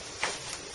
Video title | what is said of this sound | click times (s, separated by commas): How to use the Bio-seeq Portable Lab-Training. Full exercise | up these pins and the cuvette with the hole underneath yep and then click | 0.2 s